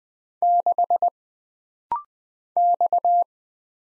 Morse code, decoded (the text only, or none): 6 X